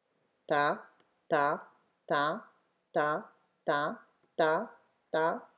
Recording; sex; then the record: repeated syllable /ta/; female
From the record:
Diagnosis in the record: healthy control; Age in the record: 69 years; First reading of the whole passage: 64 s, 7.9 characters per second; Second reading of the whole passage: 54 s, 9.5 characters per second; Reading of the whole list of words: 33 s, 8.4 characters per second